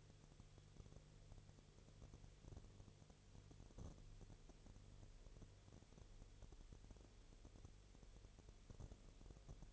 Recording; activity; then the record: daily activity, microphone in the room; no activity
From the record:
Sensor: 4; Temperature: 22.4 degrees Celsius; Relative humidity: 30.9%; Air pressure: 1004.1 hPa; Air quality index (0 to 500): 87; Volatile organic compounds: 1 ppm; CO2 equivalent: 783 ppm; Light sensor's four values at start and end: 2/3/1/1 and 2/3/1/1